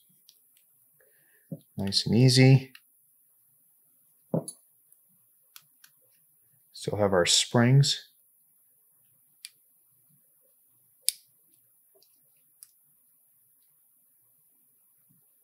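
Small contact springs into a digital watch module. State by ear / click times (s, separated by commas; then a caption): not seated / none. Small metal contact springs are being handled and pressed toward a plastic digital sports watch module, with short faint ticks and taps scattered between stretches of someone talking, the sharpest near 11.1 s. Nothing has seated or clicked into place yet.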